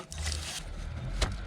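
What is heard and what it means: A plastic wiring harness connector is pushed onto the camshaft position sensor of a BMW M52 straight-six petrol engine (E36, E37, E38, E39, single vanos) and clicks home at 0.1 s. Further short knocks follow at about 0.3 s and 1.2 s, and the connector is seated.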